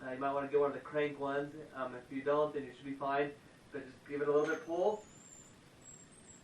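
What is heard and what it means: A man talks while handling a Barnett crossbow, getting ready to pull the string back by hand into the cocked trigger latch. His voice fills most of the clip, then it goes quiet near the end. The string has not yet clicked into the latch.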